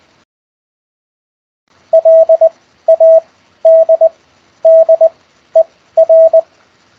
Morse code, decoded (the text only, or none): LADDER